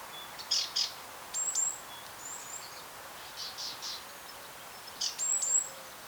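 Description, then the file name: Great tit calls: short high notes in scattered clusters with thin, sharp whistles between them, over a steady hiss of background noise. "Parus major"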